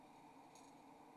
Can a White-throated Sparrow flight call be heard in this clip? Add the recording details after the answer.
no. No flight call is heard. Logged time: 02:50 on 28 November 2014